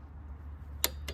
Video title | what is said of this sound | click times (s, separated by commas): How to Replace Bad Fuel Injectors on Ford Ranger | That's the click. | 0.8 s